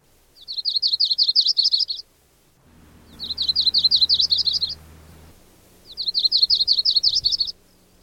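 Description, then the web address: Yellow-rumped warbler song, three high rapid trills of repeated notes, each lasting about one and a half seconds with pauses between, over a low rumbling noise midway. "Thumbs Plus Zoo Field Guide Repository Sounds"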